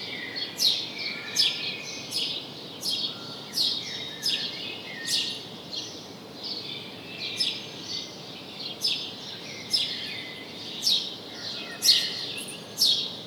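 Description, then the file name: House sparrow chirps, insistent and repeated about once a second for the whole stretch, faint hiss throughout. "Passer domesticus"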